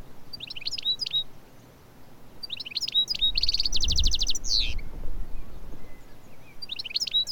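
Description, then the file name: European goldfinch twittering: bright chirps in short bursts, then a rapid buzzy rattled series near the middle, with more tinkling notes at the end over low background rumble. "Carduelis carduelis"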